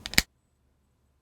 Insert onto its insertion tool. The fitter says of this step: you will hear a distinct sound when it locks in place